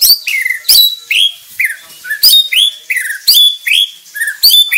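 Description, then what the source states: White-rumped shama singing loud, bright whistled phrases mixed with sharp high clicks. Murai Bordan type.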